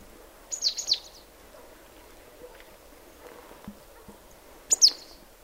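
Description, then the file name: Marsh tit giving short bursts of high, sharp, descending notes, one cluster near the start and another about four seconds later, with quiet background noise between. "Poecile palustris"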